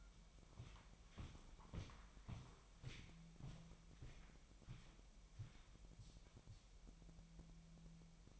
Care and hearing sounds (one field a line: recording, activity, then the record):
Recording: daily activity, microphone in the room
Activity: walk to room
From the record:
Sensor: 1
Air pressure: 1002.0 hPa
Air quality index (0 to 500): 247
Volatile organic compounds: 52 ppm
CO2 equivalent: 3323 ppm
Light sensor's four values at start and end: 8/20/8/9 and 9/21/8/9